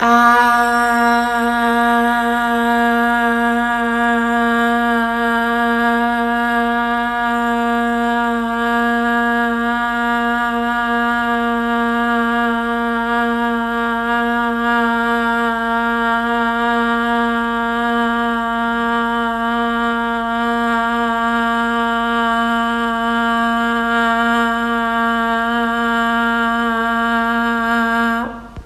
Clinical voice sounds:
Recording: sustained vowel /a/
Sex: female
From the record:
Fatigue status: no fatigue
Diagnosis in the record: COVID-19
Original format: m4a

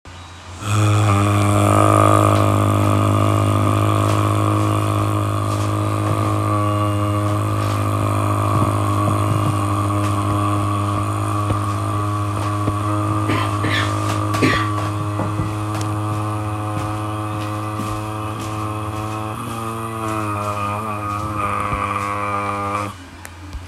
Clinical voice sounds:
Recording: sustained vowel /a/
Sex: male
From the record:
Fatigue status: fatigue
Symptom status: symptomatic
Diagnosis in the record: COVID-19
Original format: m4a

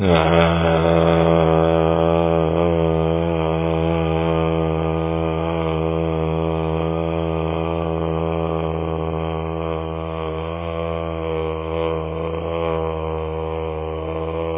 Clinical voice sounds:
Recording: sustained vowel /a/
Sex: male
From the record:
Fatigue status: no fatigue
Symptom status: asymptomatic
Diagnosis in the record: COVID-19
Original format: 3gp

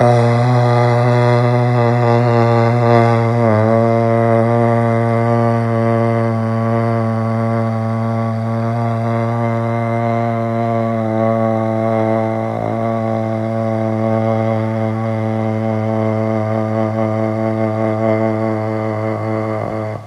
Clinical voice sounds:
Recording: sustained vowel /a/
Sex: male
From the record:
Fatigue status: no fatigue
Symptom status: asymptomatic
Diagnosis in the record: COVID-19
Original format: m4a

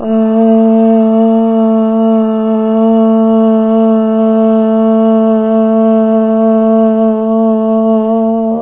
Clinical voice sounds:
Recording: sustained vowel /a/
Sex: female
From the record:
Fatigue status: no fatigue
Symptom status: symptomatic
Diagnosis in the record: COVID-19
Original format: 3gp

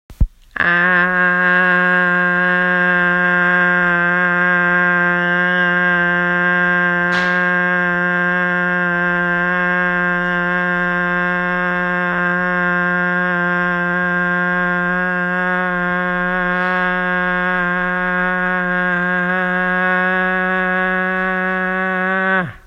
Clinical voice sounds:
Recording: sustained vowel /a/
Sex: female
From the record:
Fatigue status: no fatigue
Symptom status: asymptomatic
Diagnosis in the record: COVID-19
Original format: m4a

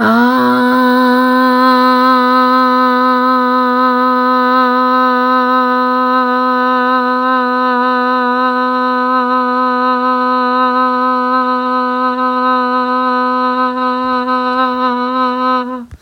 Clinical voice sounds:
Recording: sustained vowel /a/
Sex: female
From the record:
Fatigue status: no fatigue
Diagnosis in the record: COVID-19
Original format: m4a

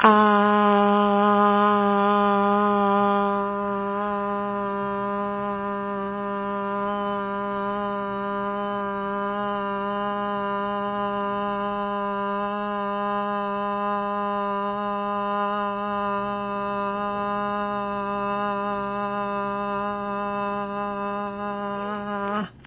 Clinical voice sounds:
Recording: sustained vowel /a/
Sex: female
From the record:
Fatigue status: no fatigue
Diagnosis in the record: COVID-19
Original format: 3gp

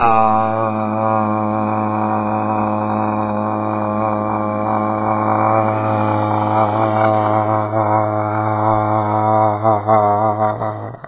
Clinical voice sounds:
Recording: sustained vowel /a/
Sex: male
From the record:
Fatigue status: fatigue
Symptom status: symptomatic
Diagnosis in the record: COVID-19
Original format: 3gp

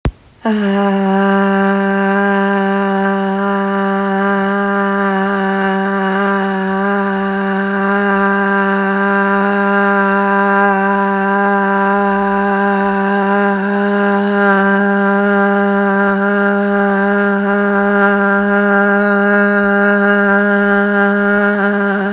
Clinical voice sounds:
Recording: sustained vowel /a/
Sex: female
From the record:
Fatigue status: no fatigue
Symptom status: symptomatic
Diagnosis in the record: COVID-19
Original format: m4a

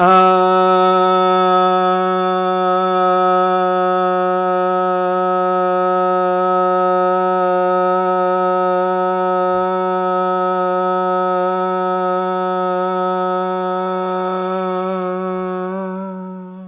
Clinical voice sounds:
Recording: sustained vowel /a/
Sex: male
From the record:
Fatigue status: no fatigue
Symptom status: asymptomatic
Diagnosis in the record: COVID-19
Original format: 3gp

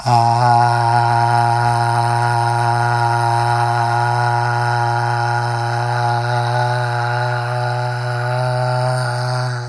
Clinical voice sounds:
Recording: sustained vowel /a/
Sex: male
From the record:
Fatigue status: no fatigue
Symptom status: asymptomatic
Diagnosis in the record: COVID-19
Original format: m4a

